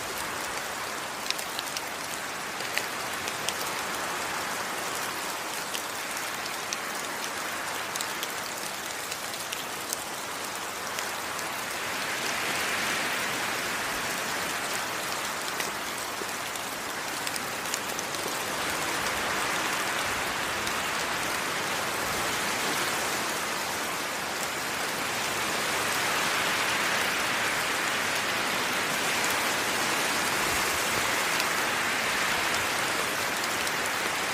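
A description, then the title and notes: Rain falls steadily through a forest, a dense, even hiss with fine scattered drops ticking across it. Soft swells of wind rise and fall every few seconds, brightening the sound around 12, 19 and 27 seconds before easing back. Wind and Rain In Forest.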